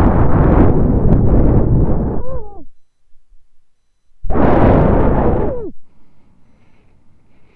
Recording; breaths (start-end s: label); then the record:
nose breathing near a microphone
0.00-3.00 s: exhalation
4.25-5.81 s: exhalation
5.81-7.56 s: inhalation
From the record:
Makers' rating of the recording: medium